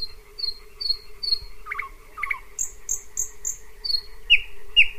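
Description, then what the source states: Thrush Nightingale song: a few short whistled notes, sharp downslurred notes, a run of high piping notes, then louder downslurred notes, over a steady droning hum. Singing close by around midnight in June, on a dirt road with trees and shrubs among meadows, fields and marshes between Pyzdry and Zagórów, Poland; complex song, varied repertoire, repeated elements.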